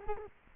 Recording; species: mosquito wingbeat signal from an infrared sensor; Culex quinquefasciatus